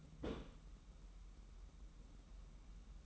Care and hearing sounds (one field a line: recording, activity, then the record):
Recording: daily activity, microphone in the room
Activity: place on stove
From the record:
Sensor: 1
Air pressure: 994.5 hPa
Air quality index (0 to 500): 229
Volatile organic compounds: 1000 ppm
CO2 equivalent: 8255 ppm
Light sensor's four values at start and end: 140/322/143/158 and 140/322/143/158